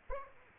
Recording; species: mosquito wingbeat signal from an infrared sensor; Aedes aegypti